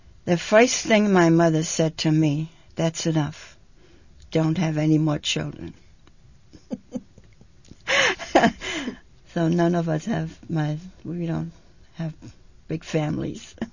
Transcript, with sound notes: the first thing my mother said to me, "That's enough. Don't have any more children." ( she laughs ) So none of us have, we don't have big families.